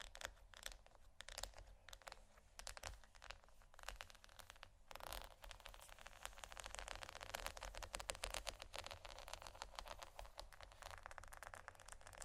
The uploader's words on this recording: ASMR Scratching & Tapping On Pearls（No Talking）.